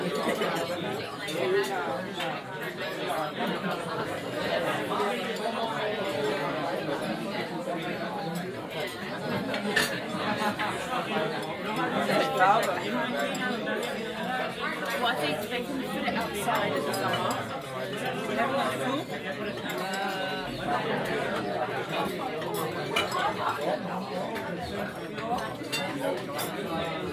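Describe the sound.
A large pilgrim dinner with dense, overlapping chatter from many voices, steady throughout with no single speaker standing out. It sounds reverberant, and occasional clinks of dishes and cutlery surface through the crowd noise.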